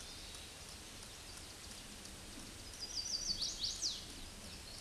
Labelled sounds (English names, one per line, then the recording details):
Chestnut-sided Warbler song
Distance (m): 30 m
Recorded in a Pennsylvania forest on 18 May 2023 at 06:25
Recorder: AudioMoth, point grid1_24_low
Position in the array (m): 128 m, 215 m